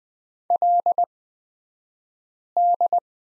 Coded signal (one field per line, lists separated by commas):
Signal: Morse code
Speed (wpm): 20 wpm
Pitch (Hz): 700 Hz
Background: none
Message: LD